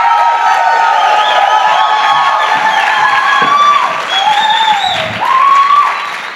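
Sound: loud audience applause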